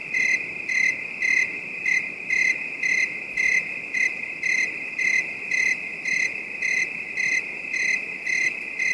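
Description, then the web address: Crickets chirping: high pulses around twice a second layered on a constant shrill background hum. Calm, distant night bed of high-pitched crickets. "Nature Ambiences 18 Night Ambience 4 Calm Distant Bed of High-pitched Crick"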